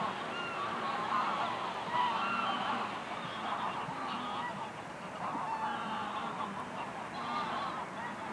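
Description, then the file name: Goose flock calling, continuous overlapping honks rising and falling in loudness, many birds at once. Geese resting on the ice at the Hondenhemeltje in Venhuizen. "Ganzen rusten op het ijs bij het hondenhemeltje in venhuizen - De Auditieve Dienst"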